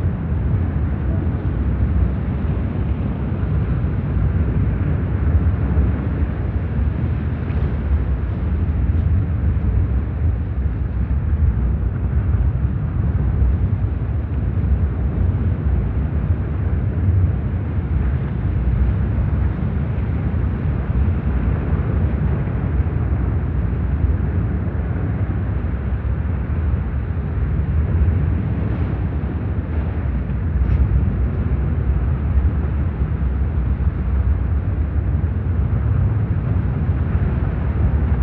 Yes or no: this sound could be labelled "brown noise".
yes